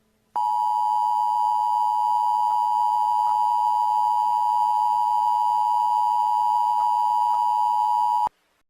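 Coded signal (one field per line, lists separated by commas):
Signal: Emergency Alert System (SAME) tones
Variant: 853 and 960 Hz attention tone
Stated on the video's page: Fake joke EAS warning, not a real alert.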